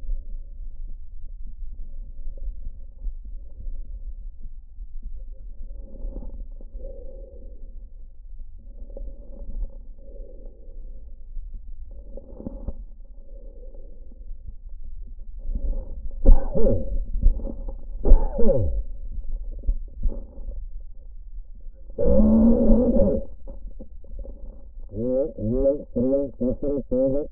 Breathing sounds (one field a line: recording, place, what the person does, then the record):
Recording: lung sounds by stethoscope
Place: trachea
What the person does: quiet breathing, then cough and speech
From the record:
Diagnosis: pulmonary infection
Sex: male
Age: 54 years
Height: 187 cm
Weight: 95 kg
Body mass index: 27.2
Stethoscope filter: diaphragm mode